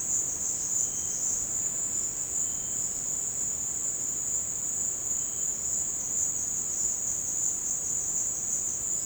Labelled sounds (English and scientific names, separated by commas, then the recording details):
none
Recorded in dense forest near Puerto Asís, Putumayo, Colombia, on 24 March 2025 at 16:30
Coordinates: 0.481, -76.323
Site G088